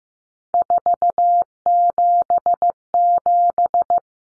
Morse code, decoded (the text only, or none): 477